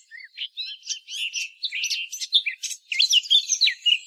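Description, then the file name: Eurasian blackcap giving a short, lively warble of squeaky, slurred whistles and chirps in quick succession. "Sylvia atricapilla"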